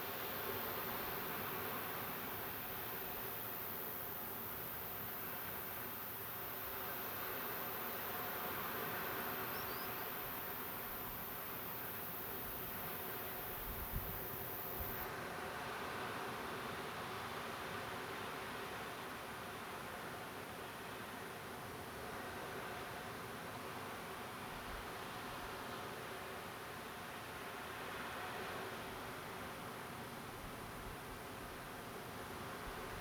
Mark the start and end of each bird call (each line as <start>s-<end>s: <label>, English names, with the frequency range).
9.53s-10.08s: Common Sandpiper (4.4-5.9 kHz)